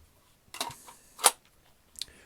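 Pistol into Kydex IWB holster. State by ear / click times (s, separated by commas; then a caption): seated / 1.3 s. A Glock 19X pistol is pushed down into an inside-the-waistband Kydex holster, with a rustling scrape of the gun going in around 0.5–0.7 s. It snaps home with one sharp, loud click at 1.3 s, and a fainter tick follows near 2.0 s. The pistol is seated with a solid, firm click, even though the holster's retention tension is set fairly light.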